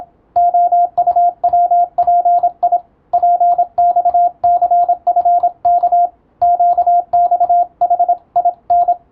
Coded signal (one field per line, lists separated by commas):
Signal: Morse code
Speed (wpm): 27 wpm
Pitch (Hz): 700 Hz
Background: radio noise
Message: OUWPI PXCFK QXHIN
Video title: 「トン」と「ツー」で世界をつなぐモールス符号！YouTubeの再生速度を聞き取りやすい速度に設定して受信練習を始めてみませんか(morse code practice radio operator )